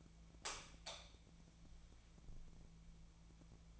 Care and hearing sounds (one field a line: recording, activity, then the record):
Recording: daily activity, microphone in the room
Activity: light on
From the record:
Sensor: 1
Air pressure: 1000.0 hPa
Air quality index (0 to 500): 131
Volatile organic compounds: 2 ppm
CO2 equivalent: 1239 ppm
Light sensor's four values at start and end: 25/62/26/31 and 28/78/31/37